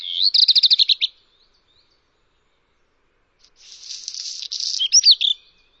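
Bird song: a rapid trill of repeated high notes, a pause, then a scratchy twittering phrase ending in sharp whistled slurs; otherwise quiet.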